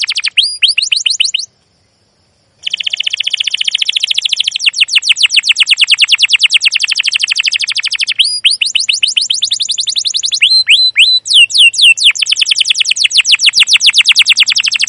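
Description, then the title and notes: Canary giving long, fast, high-pitched trilled song with a brief pause early on, then sweeping chirps and rolling buzzy notes. Long, continuous 'cuit cuit' canary song used as a lure to train young canaries to sing. "CUIT CUIT NGEROL LANGSUNG GACOR PANJANG Kenari Ini Utk Pancingan KENAR. PANCINGAN Kenari GACOR PANJANG Cuit CUIT EMOSI ini utk MASTERAN Kenari PAUD belajar BUNYI. burung kenari"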